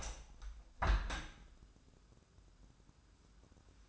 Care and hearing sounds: daily activity, microphone in the room; open window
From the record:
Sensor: 2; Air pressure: 1014.8 hPa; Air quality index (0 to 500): 80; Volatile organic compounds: 2 ppm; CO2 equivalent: 1048 ppm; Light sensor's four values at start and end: 8/19/8/8 and 8/19/8/8

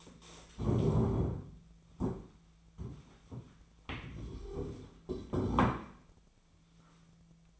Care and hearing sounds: daily activity, microphone in the room; stand up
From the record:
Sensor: 1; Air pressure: 1008.2 hPa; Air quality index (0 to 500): 193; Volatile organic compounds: 18 ppm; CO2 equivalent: 2608 ppm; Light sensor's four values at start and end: 15/38/15/17 and 15/37/15/17

